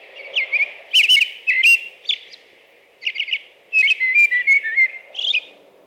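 American robin song: varied whistled phrases in a few groups, some notes fluttering, with thin high squeaky notes mixed in and a soft low hum.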